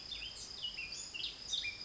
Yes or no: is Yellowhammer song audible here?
no